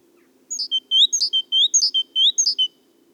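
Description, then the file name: Great tit calling: a quick repeated series of high, thin notes alternating between a high piping tone and a lower slurred note, in four groups over about two seconds. "Parus major"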